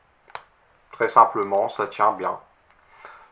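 A metal atomizer tank is unclipped from its atomizer base, coming off with a sharp click at 0.4 s. Someone then talks about it releasing very simply and holding well, and a few faint ticks follow near the end.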